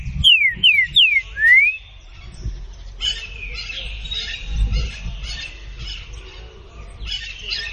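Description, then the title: Green-winged saltator singing a quick phrase of three falling whistles and a rising slur, followed by softer, scratchy bird chatter and low rumbling noise. Classic song style (canto clássico); used for training. "Canto Clássico Trinca Ferro TREINAMENTO"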